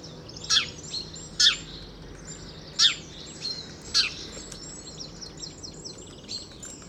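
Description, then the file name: House sparrow calling with four sharp, sweeping chirps in the first four seconds, then quieter; soft bird twitter and a low hum run underneath. "Passer domesticus"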